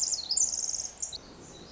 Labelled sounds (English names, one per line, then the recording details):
Pacific Wren
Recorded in Sonoma County, California